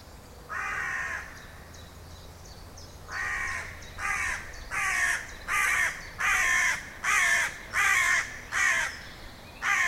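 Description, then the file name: Carrion crow calling with one caw, then a steady run of several harsh, hoarse caws, over quiet background noise. "Corvus corone"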